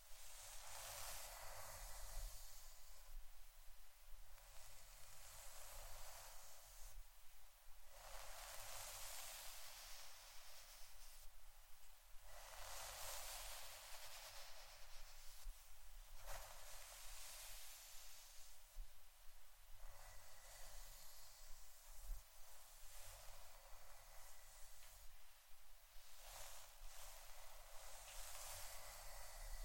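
Steady scratching and brushing, a dense bright rasp that swells in repeated strokes every few seconds over a low constant rumble.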